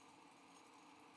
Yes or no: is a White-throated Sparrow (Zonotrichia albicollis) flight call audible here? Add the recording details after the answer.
no. No flight call is heard. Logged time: 06:53 on 5 December 2014